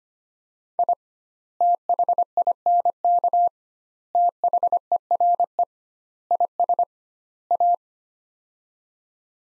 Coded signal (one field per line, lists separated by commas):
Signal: Morse code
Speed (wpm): 25 wpm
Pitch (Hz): 700 Hz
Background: none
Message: I THINK THERE IS A